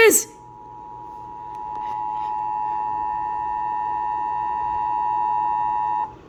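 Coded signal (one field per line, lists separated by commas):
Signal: Emergency Alert System (SAME) tones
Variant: 853 and 960 Hz attention tone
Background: speech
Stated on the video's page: Mock Child Abduction Emergency, a fictional alert.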